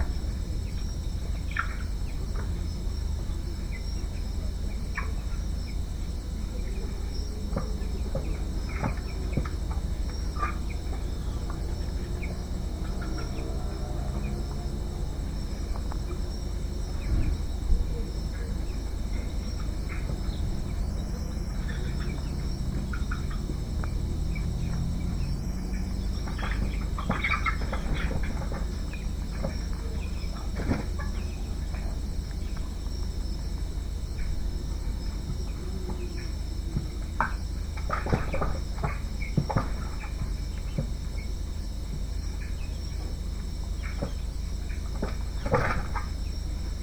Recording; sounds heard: poultry house recording; healthy chickens